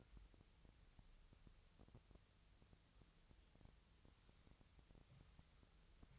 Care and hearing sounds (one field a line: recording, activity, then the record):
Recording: daily activity, microphone in the room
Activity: wipe stove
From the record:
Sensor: 3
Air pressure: 1001.6 hPa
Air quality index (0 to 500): 222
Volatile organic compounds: 30 ppm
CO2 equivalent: 2958 ppm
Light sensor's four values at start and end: 11/33/14/12 and 10/33/14/12